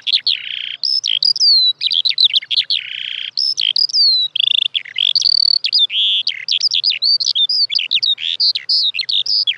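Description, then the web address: Eurasian skylark song: a continuous rapid stream of high chirps, trills and slurred whistles with barely a pause, some notes sliding down sharply. "fugler sanglerke"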